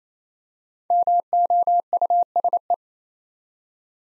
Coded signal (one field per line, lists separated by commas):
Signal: Morse code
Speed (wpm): 27 wpm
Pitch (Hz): 700 Hz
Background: none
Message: MOUSE